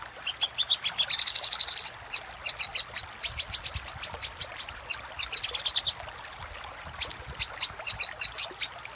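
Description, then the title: Little spiderhunter song: sharp, very high chipping notes repeated rapidly in bursts, with a quick buzzy trill early and again midway, separated by short pauses. Master recording used for training cage birds. "Sogok Ontong Labaik"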